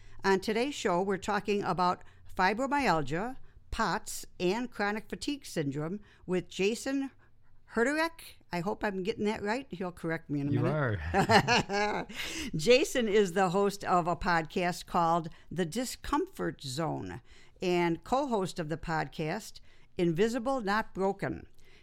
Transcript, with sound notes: And today's show, we're talking about Fibromyalgia, POTs and chronic fatigue syndrome with Jason Herterich. I hope I'm getting that right. He'll correct me in a minute (laughter) Jason is the host of a podcast called "The Discomfort Zone", and co host of the podcast, "Invisible, Not Broken".